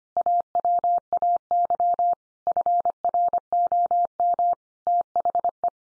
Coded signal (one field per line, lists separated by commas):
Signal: Morse code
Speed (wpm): 25 wpm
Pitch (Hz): 700 Hz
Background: none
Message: AWAY FROM THE